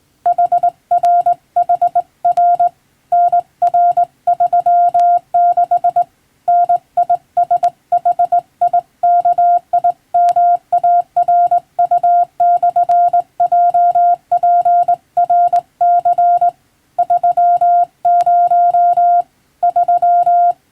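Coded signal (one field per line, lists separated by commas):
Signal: Morse code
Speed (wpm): 21 wpm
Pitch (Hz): 700 Hz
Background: none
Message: HRHR NR36 NISHIKIMARU/JPRC 30 3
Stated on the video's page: Morse practice in the style of the radiotelegraph operator licence exam, sending from a European-language telegram practice book, by a first-class radiotelegraph operator.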